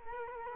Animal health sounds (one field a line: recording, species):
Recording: mosquito wingbeat signal from an infrared sensor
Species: Culex quinquefasciatus